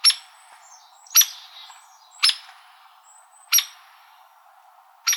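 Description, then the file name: Hairy woodpecker calling a loud, abrupt peek roughly once a second, five notes at slightly uneven spacing, light bird twitter behind. Calls recorded in Arizona. "HAWO CALLS 2 deviche"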